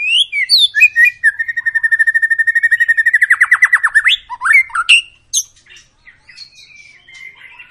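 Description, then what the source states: White-rumped shama song, whistled opening notes, then a long fast trill of repeated notes, followed by quieter twitters. Long lure song of a White-rumped shama in full song, used to prompt other birds to sing.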